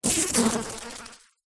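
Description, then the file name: Bee buzzing: one loud, harsh, broad buzz that starts abruptly, holds briefly with a wavering tone, then fades out over about a second. Bee buzzing against a window. "zapsplat animals insects bee"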